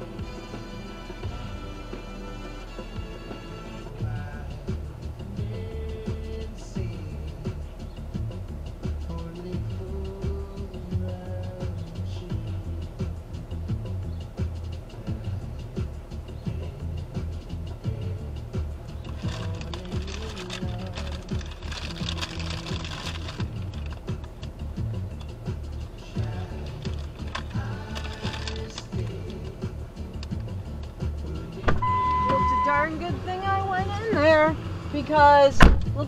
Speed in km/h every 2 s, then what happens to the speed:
0, 0, 0, 0, 0, 0, 0, 0, 0, 0, 0, 0, 0, 0, 0, 0, 0, 0.
0-36 standing.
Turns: none.